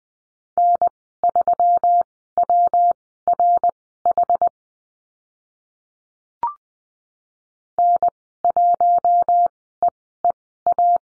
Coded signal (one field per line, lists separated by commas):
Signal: Morse code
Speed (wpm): 20 wpm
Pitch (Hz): 700 Hz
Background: none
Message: N3WRH N1EEA